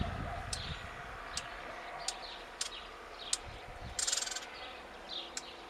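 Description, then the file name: Eurasian blackcap uttering sharp ticking tac notes at irregular short intervals, with one brief rattled burst around four seconds. "Sylvia atricapilla"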